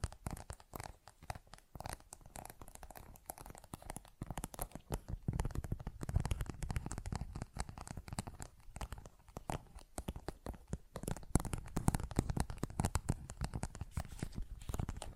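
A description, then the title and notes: Dense tapping and scratching run through the whole stretch, a rapid, irregular patter of sharp little clicks over a low rustle. Crinkling and tearing textures mix in, and the sounds grow fuller and louder after about five seconds, staying busy to the end. ASMR Tapping, Scratching & Zipper Sounds.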